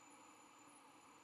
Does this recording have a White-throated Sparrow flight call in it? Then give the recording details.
no. No flight call is heard. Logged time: 03:38 on 12 November 2014